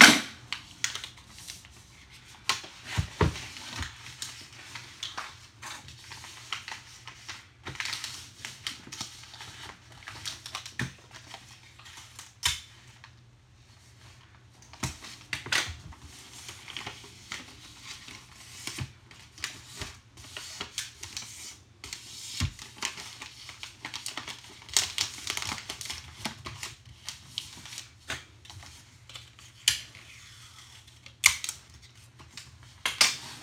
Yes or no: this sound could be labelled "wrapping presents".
yes